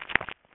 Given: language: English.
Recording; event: throat vibration sensor signal played as sound; swallow